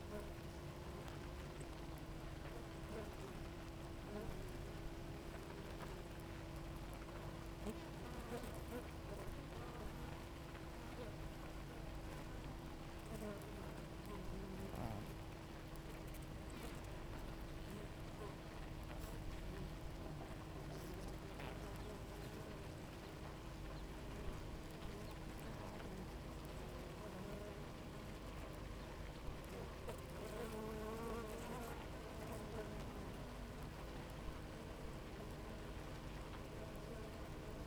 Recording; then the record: honeybee colony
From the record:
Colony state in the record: active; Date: 28 July 2017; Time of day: 6:46